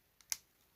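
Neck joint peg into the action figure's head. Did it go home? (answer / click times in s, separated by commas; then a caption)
yes / 0.3 s. A plastic neck joint peg is pushed into the head of a 1/18 scale action figure. A faint tap at 0.2 s is followed by a sharp, bright click at 0.3 s as the peg seats.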